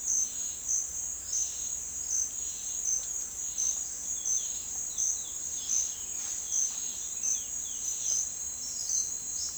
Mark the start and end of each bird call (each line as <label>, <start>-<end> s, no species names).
bird call, 0.20-8.15 s
bird call, 8.47-9.57 s